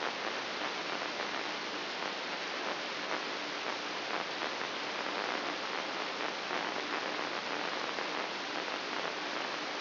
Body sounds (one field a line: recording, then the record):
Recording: brain microelectrode recording played as sound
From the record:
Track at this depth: inside the subthalamic nucleus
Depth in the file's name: 6.261 mm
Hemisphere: left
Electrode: 3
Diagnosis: Parkinson's disease